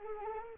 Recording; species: mosquito wingbeat signal from an infrared sensor; Anopheles arabiensis